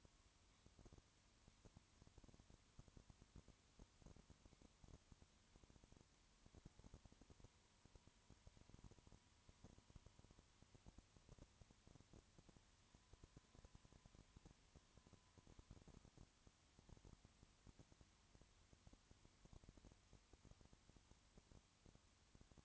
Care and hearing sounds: daily activity, microphone in the room; no activity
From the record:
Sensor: 3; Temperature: 20.5 degrees Celsius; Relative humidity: 34.6%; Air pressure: 1001.0 hPa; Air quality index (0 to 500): 195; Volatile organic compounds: 6 ppm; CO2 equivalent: 1855 ppm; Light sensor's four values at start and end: 2/3/2/2 and 2/3/2/2

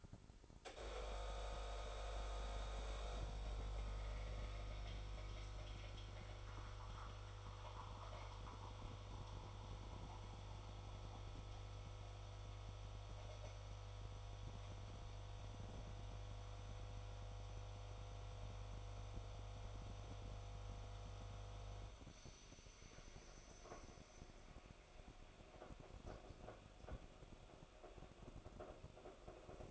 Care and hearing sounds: daily activity, microphone in the room; make coffee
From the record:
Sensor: 5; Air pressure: 988.5 hPa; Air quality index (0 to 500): 223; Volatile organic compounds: 140 ppm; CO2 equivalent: 3976 ppm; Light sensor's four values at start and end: 41/127/49/53 and 41/127/49/53

